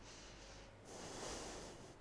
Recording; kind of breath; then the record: one breath in and out by a microphone near the nose and mouth; deep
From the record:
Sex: female